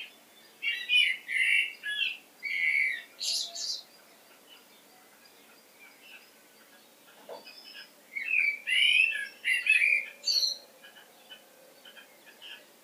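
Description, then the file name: Common blackbird song in two phrases several seconds apart, each of warbled notes closing with high scratchy notes; quiet gap between. "Turdus merula"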